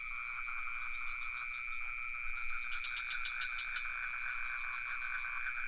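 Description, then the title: Steady high cricket trills, one dropping out after two seconds, with a single run of quick frog pulses in the middle. Crickets with some frogs, recorded near the pond in Ubud, Sony PCM D50 with Rode NT4 microphone. "Crickets and frogs in Ubud"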